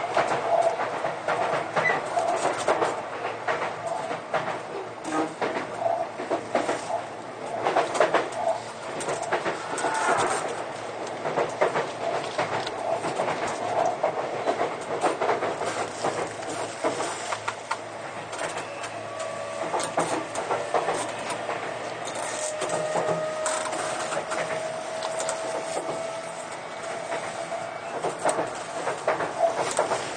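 Ride aboard a Sotetsu 20000 series train running between Yokohama and Shonan-dai. A dense, steady rumble of wheels and rails fills the whole half minute with frequent rattling clicks, and a faint whining tone rises and falls after about twenty seconds.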